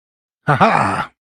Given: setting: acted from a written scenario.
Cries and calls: vocal sound without words; positive surprise

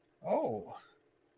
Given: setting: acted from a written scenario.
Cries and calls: vocal sound without words; interest

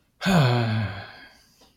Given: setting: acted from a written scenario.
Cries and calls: vocal sound without words; disappointment

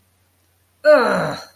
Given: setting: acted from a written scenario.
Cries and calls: vocal sound without words; disgust

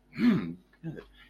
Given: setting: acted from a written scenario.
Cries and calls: vocal sound without words; positive surprise

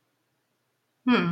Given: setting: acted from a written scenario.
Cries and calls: vocal sound without words; neutral

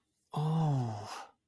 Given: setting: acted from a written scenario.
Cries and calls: vocal sound without words; elation

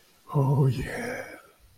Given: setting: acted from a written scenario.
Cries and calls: vocal sound without words; contentment

